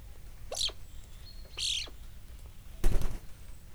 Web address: allathangok miskolcizoo 2009 standardt szarka hangulatkep 05 27